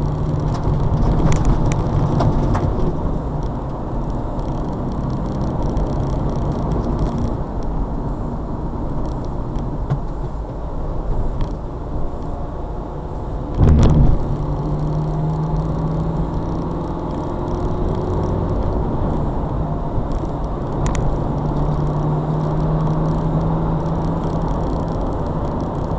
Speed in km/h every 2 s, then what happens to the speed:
52, 56, 58, 61, 61, 48, 47, 50, 56, 63, 64, 72, 76.
0-7 speeds up to 61. 7-12 slows to 47. 12-23 speeds up to 76.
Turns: none.